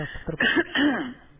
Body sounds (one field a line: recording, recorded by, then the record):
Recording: voluntary cough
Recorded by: telephone call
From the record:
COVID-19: negative